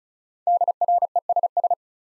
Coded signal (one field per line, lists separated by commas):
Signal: Morse code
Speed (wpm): 34 wpm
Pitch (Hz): 700 Hz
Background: none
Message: DRESS